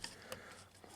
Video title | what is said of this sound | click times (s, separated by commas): MV 402 - "Ford Fiesta Wiper Switch Replacement" | It's locked into place. | 0.0 s, 0.3 s